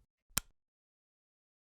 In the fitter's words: Push it onto the base until it clicks.